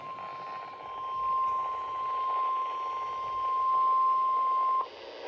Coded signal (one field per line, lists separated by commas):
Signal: Emergency Alert System (SAME) tones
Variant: 1050 Hz attention tone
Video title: WXL25 RWT on all the radios (EAS #13)